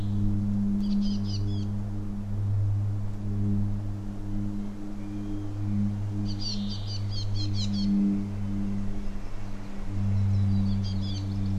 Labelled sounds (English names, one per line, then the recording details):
Willow Warbler
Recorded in the wild
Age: adult
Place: Halbinsel Kindo, Karelien, RU
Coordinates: 66.5364, 33.0625
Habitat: taiga
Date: 1994-06-23 16:15
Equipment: Sony TCD-D3, Sennheiser ME 80, K 30 AV (I), Windschutz
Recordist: Frommolt, Karl-Heinz